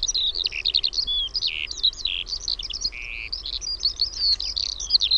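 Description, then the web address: Eurasian skylark song, dense high-pitched warbling with rolling trills, slurred whistles and brief lower notes, delivered without pause. "OMAT AANITYKSET KIURU"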